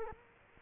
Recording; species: mosquito wingbeat signal from an infrared sensor; Culex quinquefasciatus